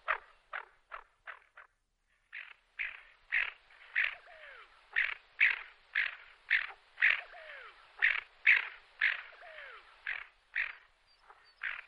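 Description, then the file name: Greater scaup gravelly calls in a quick series, a brief pause, then a long run of harsh notes with faint falling whistles beneath some of them. "canto do zarro bastardo"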